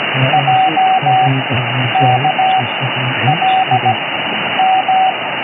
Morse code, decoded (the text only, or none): J K L M